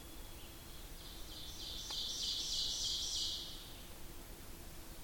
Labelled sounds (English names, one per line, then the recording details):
Ovenbird song
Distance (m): 40 m
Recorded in boreal forest in Alberta, Canada, on 8 June 2016 at 08:36
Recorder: SongMeter 3, array SBT-3-9
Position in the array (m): 166 m, 150 m
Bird 35